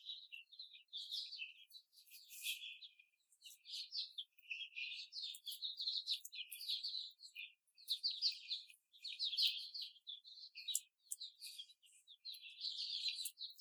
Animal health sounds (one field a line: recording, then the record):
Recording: young laying hens in a cage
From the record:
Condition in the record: before the stressor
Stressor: simulated dog barking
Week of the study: 4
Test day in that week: 2